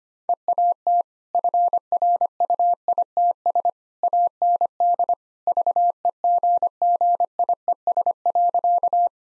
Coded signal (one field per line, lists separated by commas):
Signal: Morse code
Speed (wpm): 25 wpm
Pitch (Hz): 700 Hz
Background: none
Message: EAT FRUITS AND VEGGIES.